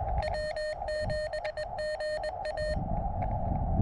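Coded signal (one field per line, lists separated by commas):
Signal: Morse code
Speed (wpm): 19 wpm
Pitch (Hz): 590 Hz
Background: none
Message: W7GA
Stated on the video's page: Summits On The Air activation on three Arizona summits, with an HT radio.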